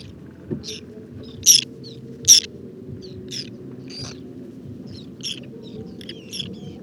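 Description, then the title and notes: Whiskered terns uttering brief grating, electric-sounding calls at irregular intervals, two louder ones close together, with fainter birds calling between. Wintering flock of over two to three hundred birds picking insects from the water surface on a shallow lake covered with water lilies and lotus, Cambodia, 13 December 2018, 16:30; characteristic electric contact calls. "Guifettes en hivernage - Cambodge. 13 décembre 2018-16h30. lac peu profond couvert de nénuphars et de lotus. Guifettes moustac (Chlidonias hybridus). Cris électriques de contact très caractéristiques"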